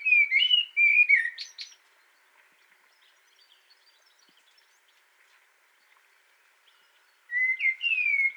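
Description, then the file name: Common blackbird gives a rich warbled phrase with a sharp twittered ending, then a pause of about five seconds before another fluting, descending phrase begins. "Turdus merula"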